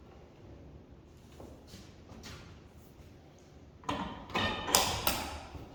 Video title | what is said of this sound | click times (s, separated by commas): Man cave stuff | Hear the clicks? | 4.8 s, 5.1 s